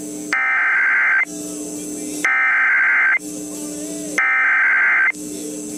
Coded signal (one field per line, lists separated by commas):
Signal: Emergency Alert System (SAME) tones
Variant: header bursts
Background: speech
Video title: 50 States, 50 Alerts II (2K Subscriber Special)